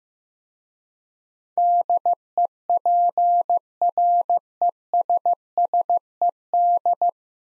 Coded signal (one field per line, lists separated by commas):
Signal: Morse code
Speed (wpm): 15 wpm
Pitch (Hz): 700 Hz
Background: none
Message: DEPRESSED